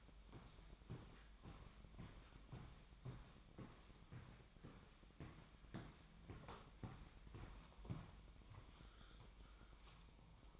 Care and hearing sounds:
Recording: daily activity, microphone in the room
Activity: walk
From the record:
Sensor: 1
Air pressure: 1001.6 hPa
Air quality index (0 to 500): 221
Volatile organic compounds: 30 ppm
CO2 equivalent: 2948 ppm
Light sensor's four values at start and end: 8/30/11/12 and 7/27/9/11

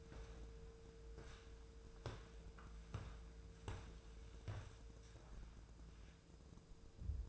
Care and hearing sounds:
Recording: daily activity, microphone in the room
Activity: walk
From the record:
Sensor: 2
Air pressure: 1005.3 hPa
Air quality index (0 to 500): 98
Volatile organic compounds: 2 ppm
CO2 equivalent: 1189 ppm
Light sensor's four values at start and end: 8/20/8/8 and 8/20/8/8

